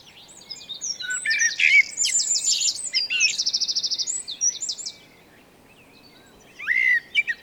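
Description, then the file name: Eurasian blackbird giving a long burst of high, squeaky twittering and a rapid chattering trill, followed after a pause by a short whistled note. "Turdus merula"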